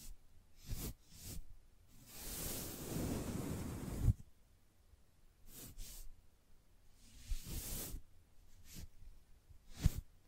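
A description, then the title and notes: Soft brushing sounds come in separate strokes: short swishes near the start, a long sweeping stroke from about two to four seconds, then more short strokes and another long sweep around seven to eight seconds. Quiet gaps separate the strokes, and a sharp tap lands near four and ten seconds. ASMR Gently Brushing Your Brain (No Talking).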